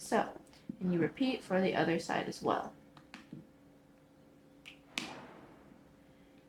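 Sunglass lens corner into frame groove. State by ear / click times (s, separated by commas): seated / 5.0 s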